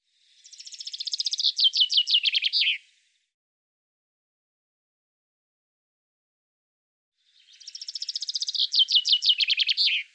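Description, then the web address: Common chaffinch singing twice, each phrase a run of bright notes falling in pitch, the first ending with a brief flourish, with a long quiet gap between. "Deverinetal 2025 File cleaned normalized Bird Fr Co"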